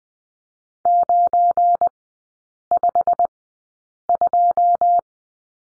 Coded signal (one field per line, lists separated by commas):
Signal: Morse code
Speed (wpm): 20 wpm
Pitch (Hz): 700 Hz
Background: none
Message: 952